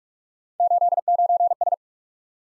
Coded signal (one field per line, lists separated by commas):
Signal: Morse code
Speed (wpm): 51 wpm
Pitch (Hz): 700 Hz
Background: none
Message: 89S